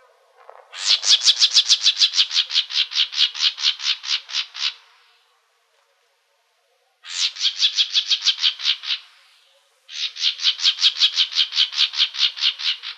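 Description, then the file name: Plumbeous vireo calls in three bursts of rapid, grating notes, the first two fading slightly, separated by silent gaps of about two seconds and then under one second. Calls recorded in Arizona. "PLVI CALLS deviche"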